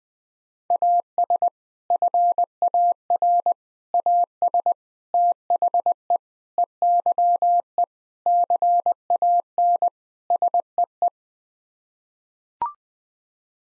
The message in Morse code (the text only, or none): AS FAR AS THE EYE CAN SEE